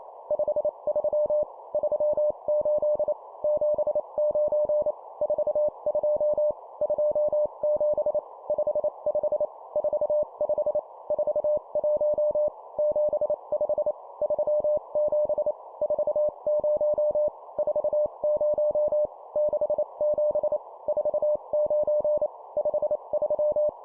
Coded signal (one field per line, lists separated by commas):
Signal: Morse code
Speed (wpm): 28 wpm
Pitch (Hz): 600 Hz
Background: none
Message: 53 38 79 42 27 55 45 41 75 37 40 40 67 49 53